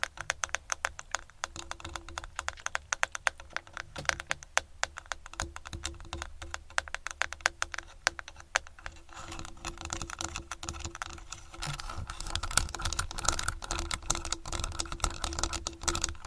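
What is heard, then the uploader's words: Fast fingers tap on and around a camera in dense clicky bursts, with a low steady hum and a faint tone underneath throughout. ASMR Fast Camera Tapping On & Around Camera.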